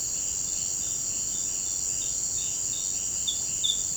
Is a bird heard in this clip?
no